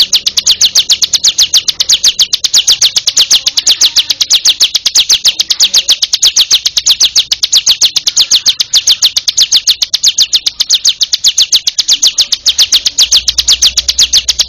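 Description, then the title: Bar-winged prinia song as an unbroken, rapid stream of high, sharp, ringing notes sustained throughout. "Suara Burung Ciblek"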